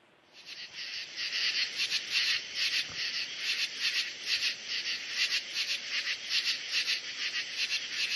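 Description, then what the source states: True katydid calls: scratchy, staccato rasping pulses repeated in a quick steady rhythm, overlapping in a chorus with a faint high buzz above. Staccato, scratchy call heard as 'katydid' or 'katydidn't', the call that gives katydids their name; summer.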